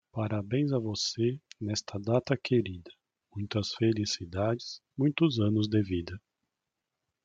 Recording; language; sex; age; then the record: short text; Brazilian Portuguese; male; 40 to 49 years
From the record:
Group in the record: control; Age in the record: 47 years